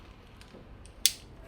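A metal alternator is pushed back into its engine mounting bracket on a Ford Figo while parts are reinstalled after a water pump job. Two faint ticks at 0.4 and 0.9 seconds come before a loud, sharp click at 1.1 seconds with a brief ringing decay. The alternator seats in its mount.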